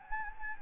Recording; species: mosquito wingbeat signal from an infrared sensor; Anopheles gambiae